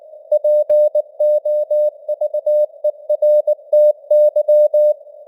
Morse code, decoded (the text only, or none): POVERTY